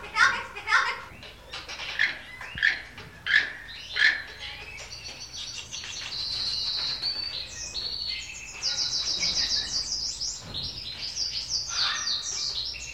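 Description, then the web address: Parrots chattering, a run of rhythmic squawks early on followed by a dense mix of shrill chirps and twittering notes from several birds. "animals parrots"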